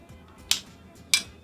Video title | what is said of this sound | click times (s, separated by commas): Tokyo Marui MK 18 Next Gen Recoil Shock: Best Electric Recoil In The Industry - RedWolf Airsoft RWTV | flip up front and rear sights they just click into place nicely | 0.5 s, 1.1 s